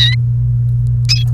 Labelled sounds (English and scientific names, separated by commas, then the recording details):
Domestic Canary (Serinus canaria) song
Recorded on 28 April 2018 at 17:25
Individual llb3